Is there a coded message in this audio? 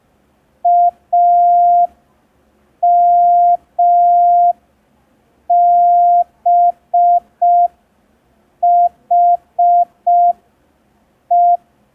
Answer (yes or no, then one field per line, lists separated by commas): yes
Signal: Morse code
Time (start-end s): 0.7-11.6 s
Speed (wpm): 5 wpm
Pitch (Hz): 700 Hz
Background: none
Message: AMBHE